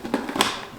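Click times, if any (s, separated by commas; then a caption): none. A lid is being fitted onto a blender or food processor jar loaded with crumble topping ingredients (everything except the oats), which must lock before the machine can start or the contents will go everywhere. Two short handling knocks sound at about 0.1 s and 0.4 s, with no talk. The lid has not yet clicked or seated into place.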